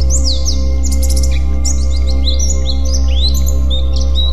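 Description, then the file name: White-eye twittering song, bright descending slurs and rapid trilled bursts, high and hurried, over a low continuous drone. White-eye 'terapi' (therapy) song. "terapi pleci"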